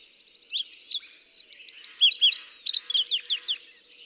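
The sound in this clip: Fox sparrow song with a long falling whistle, then a tumbling mix of sweet slurred notes, about three seconds long.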